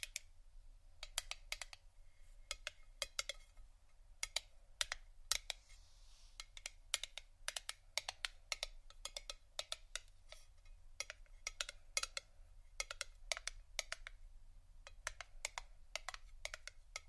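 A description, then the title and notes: Quick, sharp taps on hard objects like wood or ceramic, struck in irregular bursts and short runs throughout, often several per second. Each tap is a bright, dry click. A low, steady hum sits underneath the whole time. ASMR Sleepy Tapping (book, Wood, Ceramic, Egg, Etc ) (No Talking).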